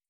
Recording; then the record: hydrophone in a shrimp aquaculture tank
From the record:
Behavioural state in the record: starved